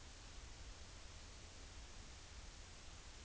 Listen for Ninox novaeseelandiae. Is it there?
no